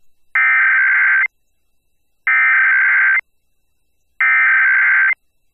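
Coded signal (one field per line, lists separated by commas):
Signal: Emergency Alert System (SAME) tones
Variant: header bursts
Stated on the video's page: National EAS test (NPT) and North Dakota required monthly test, received on FM broadcast stations in Fargo/Moorhead and Minneapolis/St. Paul.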